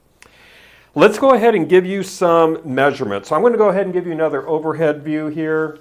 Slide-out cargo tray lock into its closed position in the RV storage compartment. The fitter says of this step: but it locks right into place. and it's a very secure click. So, you're going to know that it's locked into place.